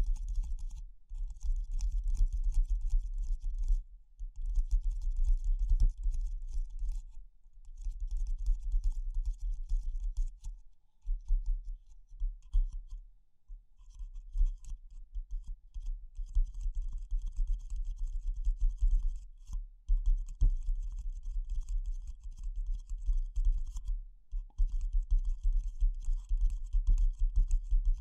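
Fast, dense tapping with a scratchy, clicking texture runs almost nonstop, pausing briefly around 4, 7, 11 and 13 seconds.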